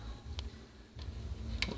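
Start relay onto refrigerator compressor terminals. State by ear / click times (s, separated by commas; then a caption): seated / 0.4 s, 1.6 s. A new plastic start relay is pushed onto the terminal pins of a refrigerator compressor, with sharp clicks at 0.4 s and 1.6 s and a fainter tick near 1.0 s over a low hum. The relay snaps on and seats properly on the terminals.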